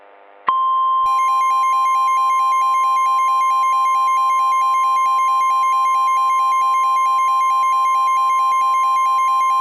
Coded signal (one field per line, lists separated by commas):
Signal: Emergency Alert System (SAME) tones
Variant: 1050 Hz attention tone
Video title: SUPERGIANT: An EAS Scenario (Re-upload)